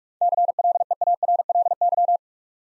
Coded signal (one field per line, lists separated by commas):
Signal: Morse code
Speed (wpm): 44 wpm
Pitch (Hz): 700 Hz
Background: none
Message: CLEARLY